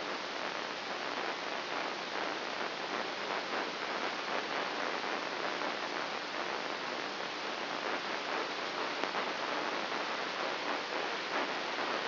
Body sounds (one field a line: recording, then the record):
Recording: brain microelectrode recording played as sound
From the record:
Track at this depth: outside the subthalamic nucleus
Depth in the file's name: 0.607 mm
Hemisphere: right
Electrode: 2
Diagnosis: Parkinson's disease